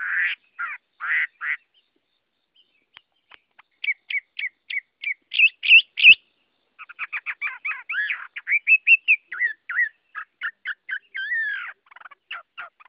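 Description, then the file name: Chinese hwamei song of choppy, harsh notes and quick stuttering whistles delivered in rapid bursts with brief pauses. Song described as 'giọng rừng', the forest-voice style. "Tieng hoa mi hot giong rung"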